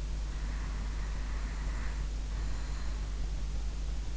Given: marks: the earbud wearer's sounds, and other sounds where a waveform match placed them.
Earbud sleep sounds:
sounds in sleep by an in-ear microphone; breath
0.23-3.01 s: breath

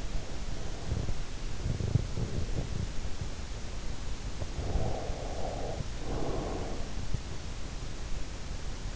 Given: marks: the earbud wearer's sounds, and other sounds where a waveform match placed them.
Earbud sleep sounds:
sounds in sleep by an in-ear microphone; breath, teeth grinding
0.00-1.33 s: breath
0.84-3.37 s: teeth grinding
4.51-6.95 s: breath

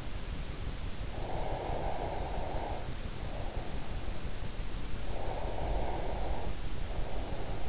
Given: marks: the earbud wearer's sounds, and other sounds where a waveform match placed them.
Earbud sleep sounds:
sounds in sleep by an in-ear microphone; breath
1.01-3.93 s: breath
5.01-7.69 s: breath

